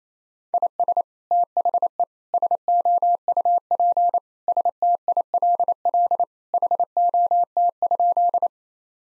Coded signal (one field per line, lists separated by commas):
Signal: Morse code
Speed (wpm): 28 wpm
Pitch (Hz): 700 Hz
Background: none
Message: IS THE SOUP STILL HOT?